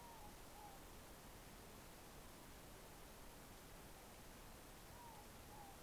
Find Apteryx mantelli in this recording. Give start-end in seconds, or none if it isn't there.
none